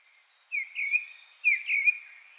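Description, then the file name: Common blackbird giving two short, clear whistled phrases about a second apart, each slightly wavering. "Turdus merula"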